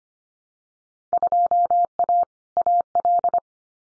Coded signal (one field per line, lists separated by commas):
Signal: Morse code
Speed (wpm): 25 wpm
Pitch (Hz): 700 Hz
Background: none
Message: 2A AL